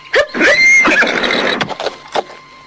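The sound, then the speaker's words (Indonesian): A horse whinnies loudly in a long, wavering squeal that rises and trembles before breaking into shorter snorting bursts, with faint scuffing sounds trailing after it. “Sebaiknya kita turun dari kuda kita.”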